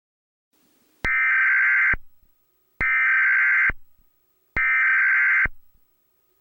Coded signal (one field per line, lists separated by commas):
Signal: Emergency Alert System (SAME) tones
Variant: header bursts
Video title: Your Reality (EAS Scenario)